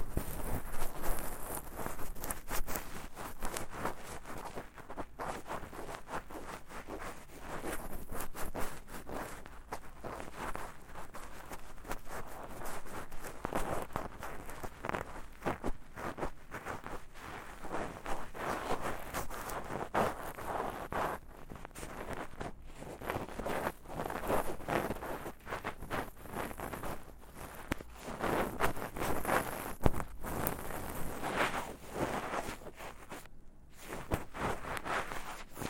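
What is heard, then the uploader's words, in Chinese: Ear cleaning sounds form a constant crackly rustle of rapid scratchy bursts, fairly even in loudness, with a brief silent gap near 33 seconds. ASMR×KU100。耳燭．耳穴清潔 | Ear Cleaning | NO Talking。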